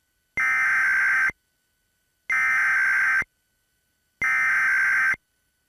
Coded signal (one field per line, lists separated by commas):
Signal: Emergency Alert System (SAME) tones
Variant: header bursts